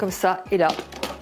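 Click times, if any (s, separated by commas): 1.0 s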